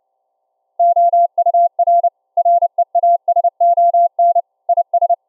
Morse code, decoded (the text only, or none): OUR REASON IS